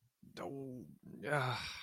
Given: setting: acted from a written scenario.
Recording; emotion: vocal sound without words; guilt